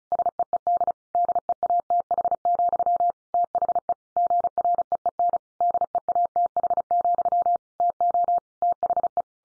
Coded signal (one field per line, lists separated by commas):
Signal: Morse code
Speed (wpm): 34 wpm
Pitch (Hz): 700 Hz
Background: none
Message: SEED DEATH, THE GREEN DEATH, TO THE